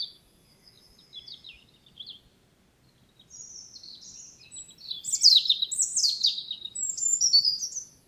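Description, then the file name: European robin singing, starting with faint, drawn-out high whistles, then bursting into a louder, quick cascade of twittering and trilled notes. "Erithacus rubecula"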